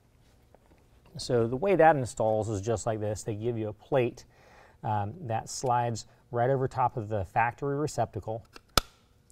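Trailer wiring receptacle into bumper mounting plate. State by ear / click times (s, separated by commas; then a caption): seated / 8.8 s. Someone talks while fitting a trailer wiring receptacle on a Road Armor Stealth rear bumper for a 2015-17 Chevy Silverado 2500, with a supplied plate sliding over the factory receptacle. At 8.8 s a loud, sharp snap is heard as the receptacle is pushed into the bumper's mounting plate and locks into place, seated.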